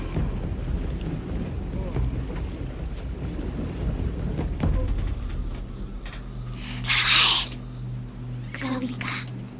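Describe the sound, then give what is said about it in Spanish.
A canoe carrying passengers rocks from side to side as waves rise and water begins to come in: steady washing and sloshing, then a low droning hum settles in, broken by two brief, brighter splashing bursts toward the end. “Rafael abre los ojos asustado y la canoa se mueve de un lado a otro”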